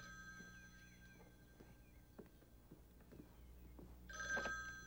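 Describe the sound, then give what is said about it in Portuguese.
A telephone rings with steady, high electronic tones that swell louder near the end, over faint clicks and low background rumble. No one speaks. “Por que eu sempre tenho que atender o telefone?”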